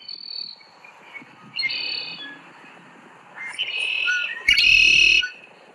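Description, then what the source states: Red-winged Blackbird song: short whistled notes followed by a loud, harsh buzzy trill near the end. Males sing while displaying their shoulder patches (wing spots), which are used in defending territory from rival males.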